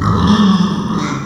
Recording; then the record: squeal of a Yucatan mini pig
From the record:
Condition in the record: after surgery on the right vocal fold (resection and tissue-engineered implant); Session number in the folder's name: 15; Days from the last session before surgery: 175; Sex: female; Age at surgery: 19 weeks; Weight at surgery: 25 kg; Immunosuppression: prednisolone